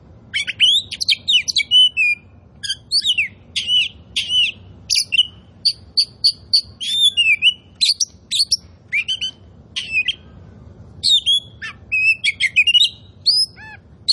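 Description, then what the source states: Oriental magpie-robin song: energetic, nearly continuous stream of varied whistles, slurs and chattering notes with brief gaps. Kacer poci variety, described as gacor, singing vigorously and continuously.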